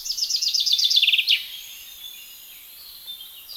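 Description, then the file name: Common chaffinch singing one quick phrase of repeated high notes that steps lower and ends in a brief flourish, then fainter bird sounds in the background. "Fringilla coelebs"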